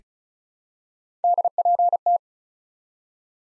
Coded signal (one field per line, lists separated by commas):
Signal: Morse code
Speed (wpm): 36 wpm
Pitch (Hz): 700 Hz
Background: none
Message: DPT